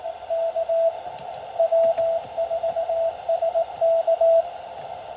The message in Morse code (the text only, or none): K W4SK